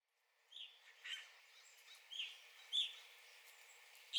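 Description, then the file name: Evening grosbeak giving a few short, high chirping call notes at irregular intervals, the loudest near the end, over a faint background hiss. Recorded on 9 April 2021. "2021-04-09 Evening Grosbeak"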